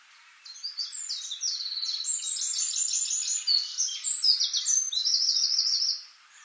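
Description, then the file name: Eurasian wren delivers a long, energetic song of high, fast trills and buzzy rattles for about five seconds, with no other sounds. "Troglodytes troglodytes"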